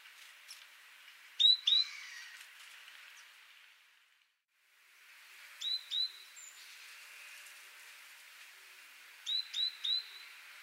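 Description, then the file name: Great tit singing short bright phrases of two or three sharp whistled notes, repeated about every four seconds, with faint background hiss. "Parus major"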